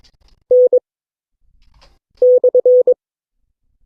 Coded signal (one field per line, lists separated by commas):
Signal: Morse code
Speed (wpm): 22 wpm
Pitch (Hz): 500 Hz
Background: none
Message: N/